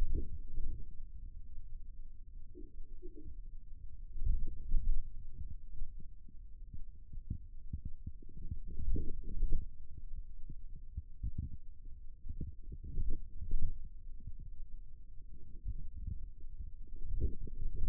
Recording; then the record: forearm muscle sounds (acoustic myography)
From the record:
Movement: radial deviation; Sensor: system 2, bracelet of six BSWA MPA416 microphones around the upper forearm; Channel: 3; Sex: male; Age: 22 years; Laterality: right